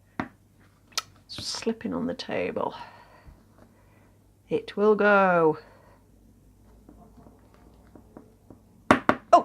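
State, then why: Seated. A plastic washer is pushed down the ridged post of a safety eye or nose through the crocheted fabric of a doll resting on a table, while someone talks. After a stretch of quiet fumbling, the washer ratchets on with loud clicks at 8.9, 9.1 and 9.3 seconds, and it is seated nicely in place.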